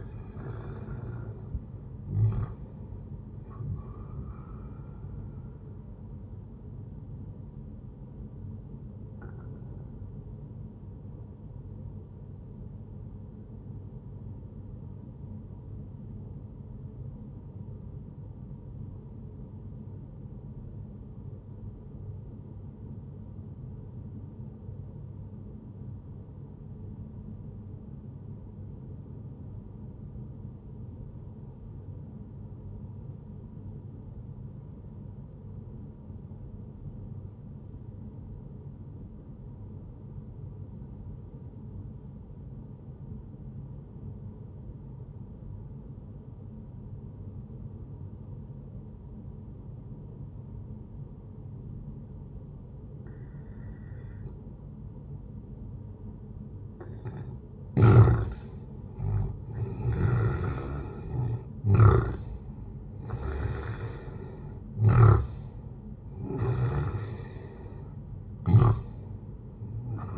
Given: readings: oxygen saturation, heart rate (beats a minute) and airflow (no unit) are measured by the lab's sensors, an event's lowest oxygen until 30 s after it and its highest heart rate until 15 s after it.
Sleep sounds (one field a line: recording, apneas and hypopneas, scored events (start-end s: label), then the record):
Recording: breathing in sleep by a smartphone at the bedside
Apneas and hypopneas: 1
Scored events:
9.00-39.00 s: new sleep stage, N1 (lightest sleep)
14.00-57.60 s: obstructive apnea (N1, oxygen 98% highest, then 91% lowest, heart rate 63 at the start, 76 highest)
39.00-69.00 s: new sleep stage, N2 (light sleep)
69.00-70.18 s: new sleep stage, N1 (lightest sleep)
From the record:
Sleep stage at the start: N2 (light sleep)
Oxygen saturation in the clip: 93 to 98%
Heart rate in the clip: 58 to 76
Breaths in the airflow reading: 5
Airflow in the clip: -11.2 to 15.2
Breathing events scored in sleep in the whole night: 131 in 7.2 hours asleep